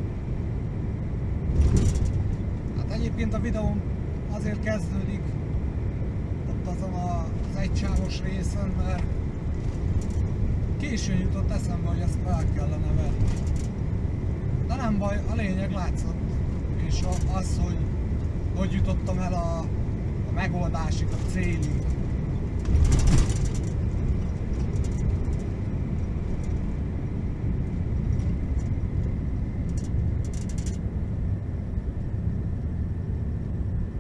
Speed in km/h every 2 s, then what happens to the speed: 82, 81, 82, 82, 82, 83, 81, 82, 82, 82, 83, 83, 81, 74, 67, 63, 61.
0-23 steady at about 82. 23-34 slows to 61.